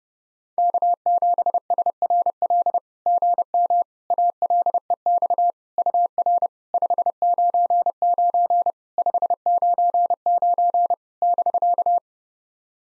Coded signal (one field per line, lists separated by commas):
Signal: Morse code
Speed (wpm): 30 wpm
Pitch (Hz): 700 Hz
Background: none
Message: K7SRL GM ALEX UR 599 599 <BK>